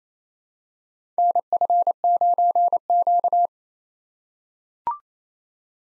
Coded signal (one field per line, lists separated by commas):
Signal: Morse code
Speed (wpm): 29 wpm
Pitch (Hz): 700 Hz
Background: none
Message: NF9Q